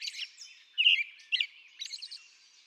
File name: American Robin